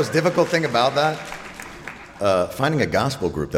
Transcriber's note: soundbite of applause